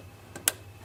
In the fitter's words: Okay, click. That's amazing. When you hear that click, it's a good feeling.